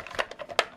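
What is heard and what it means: With the wheels held down, the detachable plastic section of a Kenner Batman: The Dark Knight Collection Turbojet Batwing toy jet is pushed back onto the main vehicle. A few soft plastic taps and clicks lead up to a sharp, loud snap at 0.6 s as the section pops into place and stays seated.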